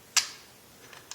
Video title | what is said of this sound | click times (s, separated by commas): Fire control group/ trigger Remove/Replace on AK-47 | lift it up you'll hear it click | 1.1 s